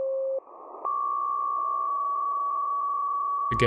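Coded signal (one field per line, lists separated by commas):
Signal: PSK63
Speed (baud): 62.5 baud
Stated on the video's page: Shortwave radio signals heard through an SDR.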